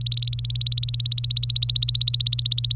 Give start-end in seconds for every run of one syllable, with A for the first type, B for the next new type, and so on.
0.01-2.75 A